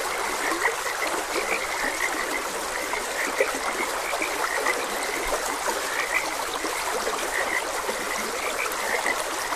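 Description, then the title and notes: Frogs croaking in a busy chorus of short notes over a steady stream. Frogs croaking beside a gentle stream. "Gentle Stream and Frogs Croaking - Calming Sounds of Nature. Sleep and Relaxation Podcast"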